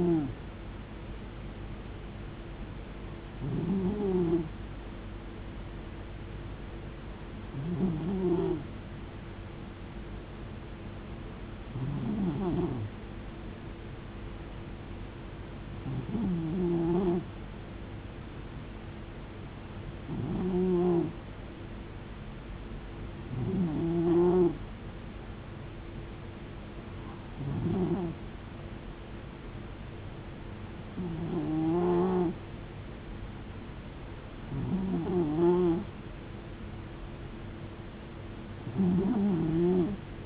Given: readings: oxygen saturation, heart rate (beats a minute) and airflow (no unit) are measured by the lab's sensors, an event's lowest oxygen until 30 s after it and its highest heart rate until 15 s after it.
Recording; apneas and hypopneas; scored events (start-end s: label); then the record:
breathing in sleep by a voice recorder at the bedside; none
none scored
From the record:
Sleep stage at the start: N2 (light sleep); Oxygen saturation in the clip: 90 to 93%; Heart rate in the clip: 65 to 74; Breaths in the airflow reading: 10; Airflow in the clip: -4.9 to 4.3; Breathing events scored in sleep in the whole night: 389 in 6.3 hours asleep